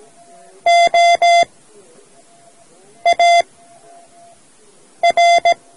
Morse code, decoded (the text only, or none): OAR